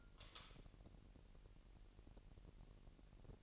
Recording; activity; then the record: daily activity, microphone in the room; light on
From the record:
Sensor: 4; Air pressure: 1002.7 hPa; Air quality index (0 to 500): 250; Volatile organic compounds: 14 ppm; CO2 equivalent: 2469 ppm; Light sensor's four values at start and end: 6/14/5/6 and 7/16/6/7